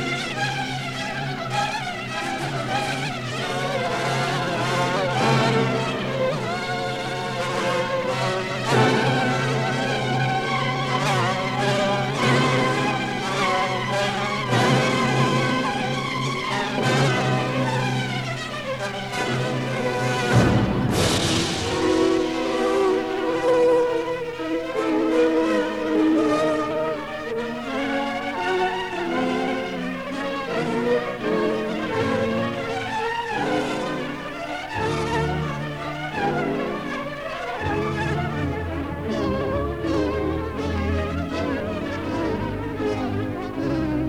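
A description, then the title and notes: Warped cassette playback of dense music with wobbling, smeared pitches, a steady low hum, and an abrupt dropout and lurch around twenty seconds. Distorted Tape. Cassette tape bought at Goodwill in Seattle, WA and physically altered by bending, scratching, stretching, soaking, or otherwise damaging. No digital alterations have been made, other than exporting the audio of the tape with a tape to digital converter (DigitNow!).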